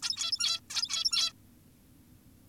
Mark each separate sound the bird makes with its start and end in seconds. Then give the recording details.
0.03-0.60, 0.70-1.33. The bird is an adult. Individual g17y2U